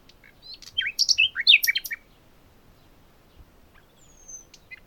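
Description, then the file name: Common nightingale song: a fast burst of varied chirps and rich warbled notes, then quiet with a faint thin whistle near the end. "Luscinia megarhynchos"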